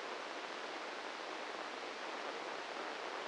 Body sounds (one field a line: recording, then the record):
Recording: brain microelectrode recording played as sound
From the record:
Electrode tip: inside the subthalamic nucleus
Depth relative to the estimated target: -3 mm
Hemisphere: left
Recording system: NeuroSet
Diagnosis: Parkinson's disease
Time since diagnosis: 8 years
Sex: male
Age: 46 years